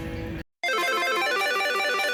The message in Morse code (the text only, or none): none